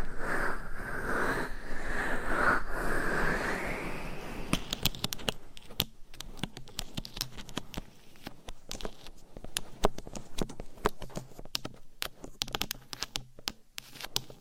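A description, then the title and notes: Dry scratching and rubbing fill the first four seconds as a dense, steady rasp. After that it breaks into quick, irregular tapping, sharp clicks in uneven clusters with short pauses, like nails on a hard item. ASMR Deep Ear Attention Scratching , Tapping & Massage with Different Items & Nails No Talking.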